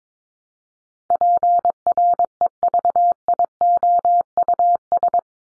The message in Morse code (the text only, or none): PREVIOUS